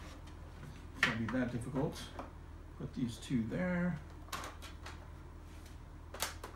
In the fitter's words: and it just snaps in place